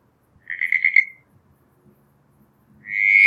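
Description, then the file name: Southern brown tree frog giving a brief string of quick pulsed notes, followed near the end by the start of another loud creaking call. "Litoria ewingii"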